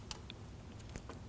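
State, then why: Not seated. A lower hose quick-connect coupling on a 2009-2017 Volvo XC60 3.2L L6 is lined up and pushed onto its engine port during an alternator replacement. A few short, sharp ticks and handling taps are heard around 0.1, 0.3 and 1.0 seconds over a low background hum. Nothing has seated or clicked into place yet.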